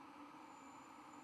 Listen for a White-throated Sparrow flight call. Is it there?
no